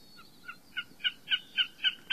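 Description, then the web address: Common Snipe call: a series of short, sharp notes, about four per second, growing louder. North America. "Songs of Birds of North America Stokes. Common Snipe"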